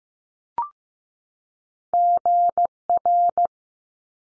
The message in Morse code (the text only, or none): G R